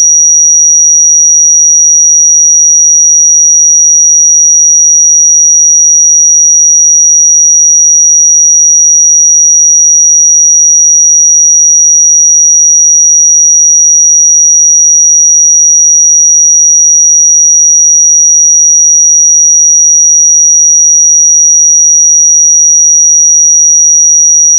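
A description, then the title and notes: A pure 5772 Hz sine tone holds perfectly steady for the whole clip, a thin, bright whistle with no wavering in pitch or loudness. Nothing else is present: no background noise, no breaks, just the single unchanging tone. 5772 Hz 1 Hz Interval Sine Pure Tone Frequency 441000 Sample Mono.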